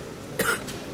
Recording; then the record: coughing mixed with background sound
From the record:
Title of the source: 30 Chesty and wet cough